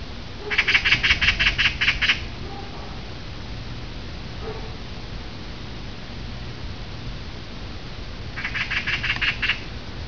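Magpie chattering call: a burst of harsh, rapid rattling notes near the start, a quiet pause with low hum, then a second rattling burst near the end.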